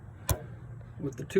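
A retaining clip on the air filter housing of a compact John Deere 4200/4300/4400 tractor engine is snapped shut as the housing is re-secured with its two clips. A sharp tick at 0.3 s marks the clip seating. Someone talks briefly near the end.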